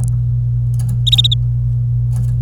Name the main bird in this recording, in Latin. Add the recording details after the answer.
Serinus canaria. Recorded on 26 April 2018 at 08:25. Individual llb3